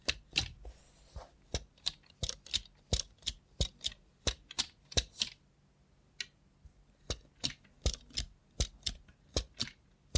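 A robot hand makes crisp mechanical clicks and taps, about two per second, in a loose rhythm with a brief gap just past the middle. A short rustling swish comes near the start, and a faint low hum runs steadily underneath.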